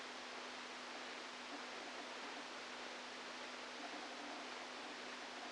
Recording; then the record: brain microelectrode recording played as sound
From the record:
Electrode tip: outside the subthalamic nucleus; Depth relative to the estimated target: -3 mm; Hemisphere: left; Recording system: NeuroSet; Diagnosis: Parkinson's disease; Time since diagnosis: 13 years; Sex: male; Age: 49 years